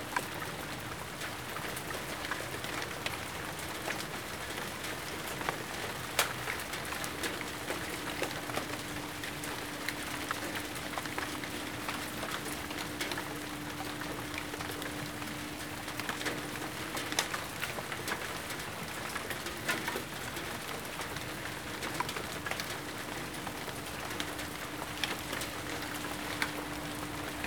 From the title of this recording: rain, back yard